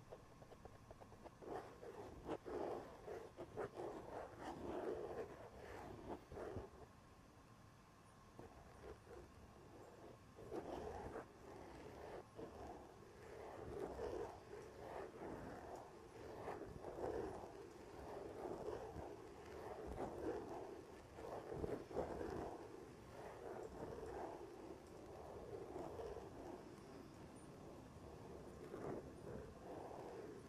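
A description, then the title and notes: Fingernails scratch at the elbow pad of an old sweater, a dense, rough rasping that comes in uneven bursts with brief pauses around the ten-second mark. The scraping sits in the low middle range with a soft dull rumble beneath, and it keeps going through the full thirty seconds. Sounds like: having your shaved head rubbed in a circle, tracing a kneecap under leggings, scratching the elbow pad of an old sweater.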